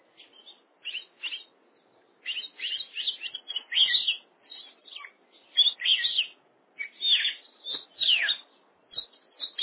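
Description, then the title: Oriental magpie-robin singing steadily, a varied run of sweet whistles, slurred rising and falling notes and harsh chattering phrases with only brief gaps. "Kacer"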